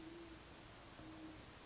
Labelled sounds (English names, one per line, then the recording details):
Great Horned Owl
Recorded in Sonoma County, California